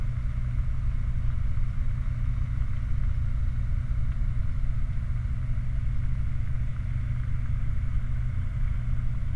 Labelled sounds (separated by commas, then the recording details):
machinery, flare stack
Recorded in the Prudhoe Bay oil fields, Alaska, on 29 July 2019 at 00:29
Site 29